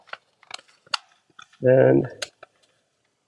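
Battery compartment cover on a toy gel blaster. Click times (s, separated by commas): 0.9 s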